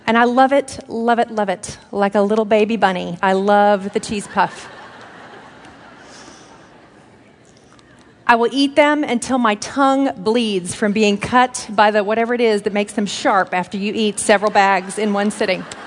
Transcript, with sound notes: I love it, love it, love it like a little baby bunny. I love the cheese puff. (laughter) I will eat them until my tongue bleeds from being cut by the whatever it is that makes them sharp after you eat several bags in one sitting.